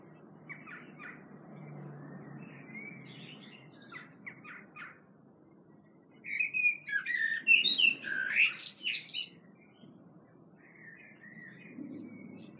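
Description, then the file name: Common blackbird singing: faint scattered notes at first, then a louder phrase of fluted, varied notes with sharp high squeaks, followed by quieter soft notes. "Turdus merula"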